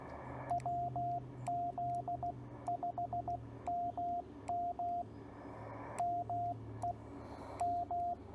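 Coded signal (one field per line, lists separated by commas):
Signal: Morse code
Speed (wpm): 16 wpm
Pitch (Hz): 700 Hz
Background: radio noise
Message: WZ5MM ME M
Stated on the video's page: Morse from a Parks on the Air activation with a TR45L Skinny radio, MC-750 vertical whip with four radials, Bamatech TP III key and battery power.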